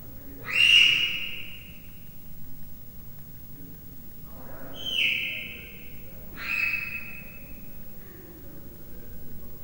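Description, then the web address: Leopard cub calling with three high, downward-sliding whistled chirps, the first loudest, separated by quiet gaps over a faint low hum. Three-month-old captive leopard cub chirping, recorded at Miskolc Zoo, Hungary, in 2009. "allathangok miskolcizoo 2009 standardt leopard haromhonaposkolyokcsipogasa"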